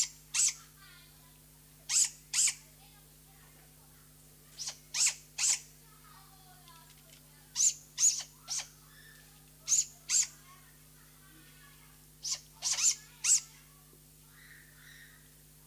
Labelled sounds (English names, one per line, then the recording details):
Great Grey Owl call
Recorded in captivity
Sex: diverse
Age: juvenile
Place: Zoo Berlin, Berlin, DE
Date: 2003-09-05 15:20
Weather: heiter, ca. 22°C
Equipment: Fair Mate ST-1328 (Asahi Electronics, Japan), Sennheiser ME 80, Kopie Uher 4000 Report Monitor
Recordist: Tembrock, Günter